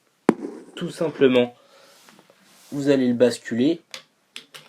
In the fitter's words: vous faites remonter comme ceci là vous vous entendez un petit clic ça veut dire c'est bon c'est bien enclenché